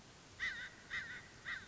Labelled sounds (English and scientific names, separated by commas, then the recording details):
American Crow (Corvus brachyrhynchos)
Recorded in Sonoma County, California